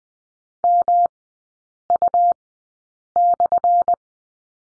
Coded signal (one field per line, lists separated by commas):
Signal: Morse code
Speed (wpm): 20 wpm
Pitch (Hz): 700 Hz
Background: none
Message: MU/